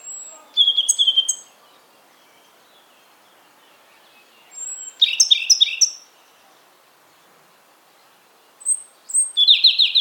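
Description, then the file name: European robin song: three separate phrases, each opening with a thin high whistle and running into a fast, twittering cascade, with silent gaps between them. "Erithacus rubecula"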